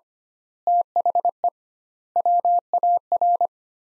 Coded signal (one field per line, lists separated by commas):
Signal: Morse code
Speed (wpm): 25 wpm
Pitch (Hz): 700 Hz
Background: none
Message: THE WAR